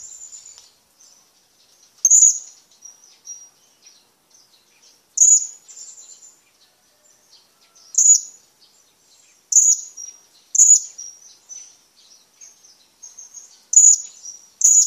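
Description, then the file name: Hanging parrot repeating piercing, high shrill calls at irregular intervals, with soft high chatter between them. "suara burung serindit"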